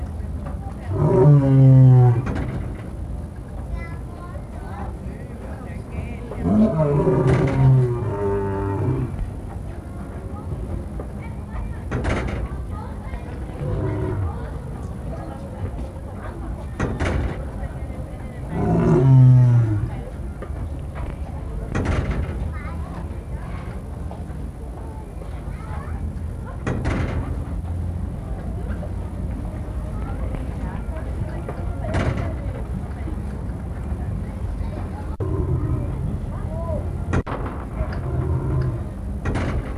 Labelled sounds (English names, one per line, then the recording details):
Lion call
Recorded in captivity
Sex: male
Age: adult
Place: Tierschau Zirkus Busch, Berlin, DE
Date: 1961-07-22 16:00
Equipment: Minifon, Kopie Smaragd
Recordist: Tembrock, Günter